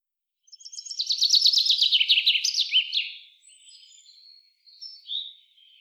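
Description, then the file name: Common chaffinch song, a cheerful tumbling run of repeated chips falling in pitch to a final flourish, then quieter high twittering in the background. "Fringilla coelebs"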